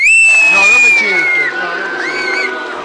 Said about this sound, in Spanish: No, no me chifles. Están chiflando. No silbemos al compañero. Están chiflando. No lo silbemos al compañero.